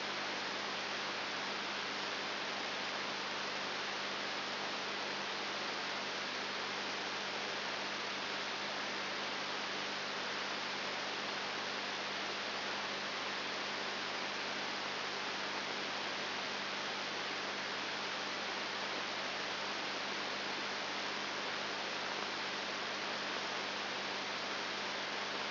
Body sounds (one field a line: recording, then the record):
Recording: brain microelectrode recording played as sound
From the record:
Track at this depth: outside the subthalamic nucleus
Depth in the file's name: 6.3 mm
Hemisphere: left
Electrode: 3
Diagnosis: Parkinson's disease